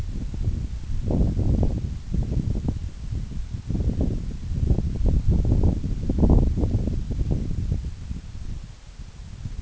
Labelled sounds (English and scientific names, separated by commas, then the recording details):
none
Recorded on Arctic tundra, site NAIT-1, on 26 June 2019
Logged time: 16:00